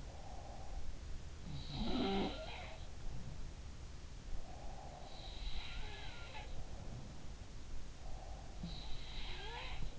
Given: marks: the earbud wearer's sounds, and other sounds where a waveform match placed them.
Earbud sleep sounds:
sounds in sleep by an in-ear microphone; breath
0.00-1.14 s: breath
1.27-3.83 s: sound from someone else or the room
4.11-5.57 s: breath
4.87-7.54 s: sound from someone else or the room
7.86-8.97 s: breath
8.51-9.99 s: sound from someone else or the room

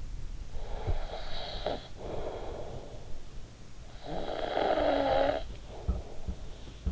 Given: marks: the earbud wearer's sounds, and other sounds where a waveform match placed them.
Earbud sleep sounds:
sounds in sleep by an in-ear microphone; snoring breath
0.27-3.67 s: snoring breath
3.79-6.76 s: snoring breath

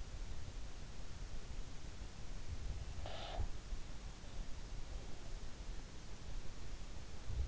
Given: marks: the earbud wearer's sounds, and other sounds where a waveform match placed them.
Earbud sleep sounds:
sounds in sleep by an in-ear microphone; breath
2.91-3.62 s: breath

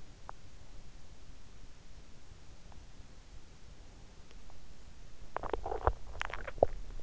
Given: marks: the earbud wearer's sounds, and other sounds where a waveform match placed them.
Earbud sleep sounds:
sounds in sleep by an in-ear microphone; teeth grinding, swallowing
0.00-0.53 s: teeth grinding
2.49-2.98 s: teeth grinding
4.32-6.95 s: swallowing

